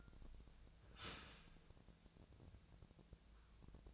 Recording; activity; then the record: daily activity, microphone in the room; start toaster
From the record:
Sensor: 2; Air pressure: 1000.0 hPa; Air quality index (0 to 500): 148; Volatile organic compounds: 2 ppm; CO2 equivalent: 1252 ppm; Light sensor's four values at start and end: 26/64/27/30 and 26/64/27/30